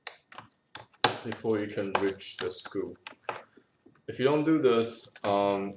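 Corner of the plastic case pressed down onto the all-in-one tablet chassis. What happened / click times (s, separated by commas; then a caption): The plastic case corner snapped down into place / 1.0 s. The plastic corner of a Dell XPS 18 all-in-one tablet's case is pressed down onto the chassis, and it clicks into place at 1.0 s so the corner screw can be reached. Someone talks through most of the clip, and a few faint taps come before the click.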